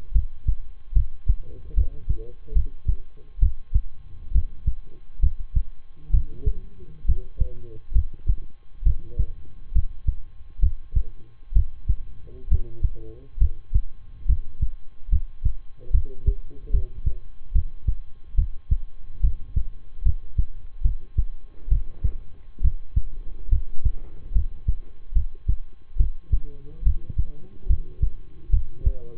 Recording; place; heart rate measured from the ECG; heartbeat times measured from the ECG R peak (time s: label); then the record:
heart sounds by stethoscope; between the tricuspid and mitral areas; 70 bpm
0.12 s: heartbeat
0.93 s: heartbeat
1.74 s: heartbeat
2.52 s: heartbeat
3.39 s: heartbeat
4.31 s: heartbeat
5.19 s: heartbeat
6.10 s: heartbeat
7.05 s: heartbeat
7.92 s: heartbeat
8.82 s: heartbeat
9.72 s: heartbeat
10.59 s: heartbeat
11.52 s: heartbeat
12.47 s: heartbeat
13.37 s: heartbeat
14.25 s: heartbeat
15.08 s: heartbeat
15.91 s: heartbeat
16.70 s: heartbeat
17.52 s: heartbeat
18.35 s: heartbeat
19.20 s: heartbeat
20.02 s: heartbeat
20.81 s: heartbeat
21.68 s: heartbeat
22.61 s: heartbeat
23.49 s: heartbeat
24.32 s: heartbeat
25.12 s: heartbeat
25.96 s: heartbeat
26.83 s: heartbeat
27.66 s: heartbeat
28.50 s: heartbeat
From the record:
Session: rest, lying down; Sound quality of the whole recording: good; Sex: male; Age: 23 years